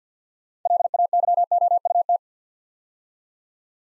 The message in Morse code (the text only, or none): LAYOUT